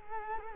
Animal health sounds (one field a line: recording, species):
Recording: mosquito wingbeat signal from an infrared sensor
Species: Culex quinquefasciatus